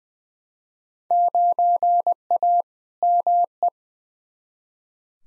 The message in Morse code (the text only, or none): 9A ME